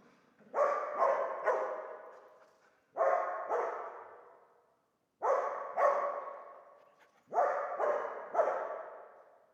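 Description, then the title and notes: Dog barking in four bursts of two or three rough barks, each trailing off slowly before the next burst. Old dog trapped in the pool basin of the decaying Palais El Glaoui courtyard, Fès, Morocco; full sun, circling, rearing on hind legs to bark at visitors; recorded with Zoom F3 and ORTF microphone. "Fès, Fès-Meknès, Maroc - le chien du palais El Glaoui. Dans la cour du palais (en décrépitude avancée), un vieux chien est "prisonnier" dans le bassin/piscine. Il se dresse sur ses pattes arrières pour entrevoir quelques secondes ce qui se passe dans la cour et "invective" les visiteurs de ses aboiements. JF CAVRO"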